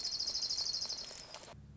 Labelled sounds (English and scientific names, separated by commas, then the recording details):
Orange-crowned Warbler (Leiothlypis celata)
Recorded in Sonoma County, California